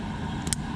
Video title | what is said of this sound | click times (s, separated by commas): EVOffer (Tesla Offer) - Model 3 (Variant B) Electric Frunk (Mark 4.0) Installation Tutorial | and then click | 0.5 s